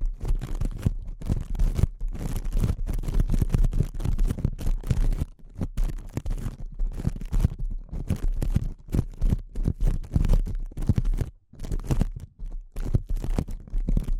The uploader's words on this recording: ASMR Delicate Tapping (No Talking).